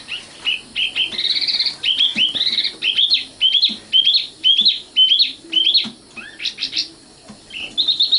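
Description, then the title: Oriental magpie-robin sings a long run of rising whistled notes, about two per second, with a brief pause before resuming. "Kicau Kacer"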